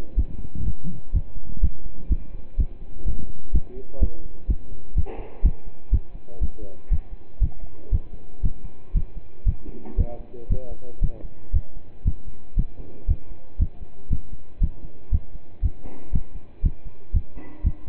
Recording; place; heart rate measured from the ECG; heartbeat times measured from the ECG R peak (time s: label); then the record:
heart sounds by stethoscope; between the tricuspid and mitral areas; 120 bpm
0.17 s: heartbeat
0.65 s: heartbeat
1.14 s: heartbeat
1.62 s: heartbeat
2.10 s: heartbeat
2.58 s: heartbeat
3.06 s: heartbeat
3.54 s: heartbeat
4.01 s: heartbeat
4.49 s: heartbeat
4.96 s: heartbeat
5.44 s: heartbeat
5.92 s: heartbeat
6.41 s: heartbeat
6.91 s: heartbeat
7.41 s: heartbeat
7.92 s: heartbeat
8.43 s: heartbeat
8.94 s: heartbeat
9.46 s: heartbeat
9.98 s: heartbeat
10.49 s: heartbeat
11.01 s: heartbeat
11.53 s: heartbeat
12.05 s: heartbeat
12.56 s: heartbeat
13.08 s: heartbeat
13.59 s: heartbeat
14.10 s: heartbeat
14.61 s: heartbeat
15.12 s: heartbeat
15.62 s: heartbeat
16.13 s: heartbeat
16.63 s: heartbeat
17.14 s: heartbeat
17.64 s: heartbeat
From the record:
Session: pedaling a stationary bicycle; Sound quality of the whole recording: partially saturated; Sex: male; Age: 27 years